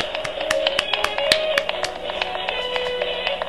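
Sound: applause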